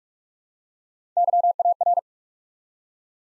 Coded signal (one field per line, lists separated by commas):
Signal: Morse code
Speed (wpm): 44 wpm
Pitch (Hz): 700 Hz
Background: none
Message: YAR